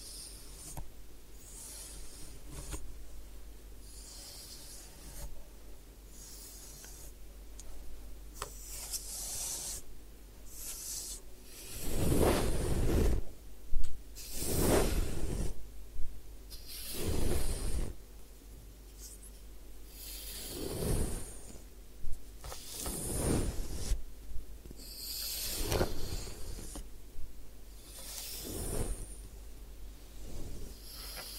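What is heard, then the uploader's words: Head spa hair wash and massage, heard as soft rubbing and scrubbing strokes over a low, steady hum. From about twelve seconds, louder hissy swishes come every two to three seconds, like hands working through wet hair, between quieter, irregular rustles. Head Spa Hair Wash, Massage, Ear Cleaning.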